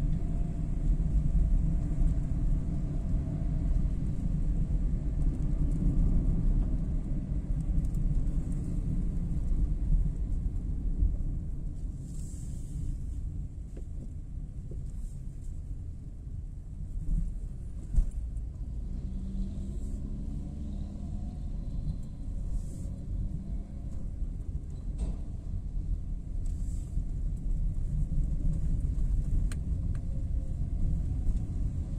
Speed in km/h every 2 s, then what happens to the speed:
53, 50, 47, 44, 35, 22, 14, 11, 11, 13, 14, 15, 13, 16, 19, 22.
0-14 slows to 11. 14-25 steady at about 13. 25-32 speeds up to 22.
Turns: none.